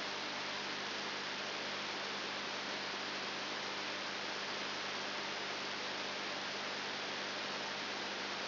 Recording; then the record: brain microelectrode recording played as sound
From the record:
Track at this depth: outside the subthalamic nucleus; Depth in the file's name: 7.299 mm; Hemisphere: left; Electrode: 3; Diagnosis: Parkinson's disease